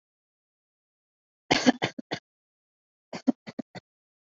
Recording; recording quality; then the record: shallow voluntary cough; excellent, no background noise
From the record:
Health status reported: COVID-19 positive, no symptoms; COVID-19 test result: positive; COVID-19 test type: RT-PCR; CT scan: not taken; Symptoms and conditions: cold, fatigue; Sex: female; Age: 26 years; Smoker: no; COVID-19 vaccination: both doses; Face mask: not worn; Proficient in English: yes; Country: India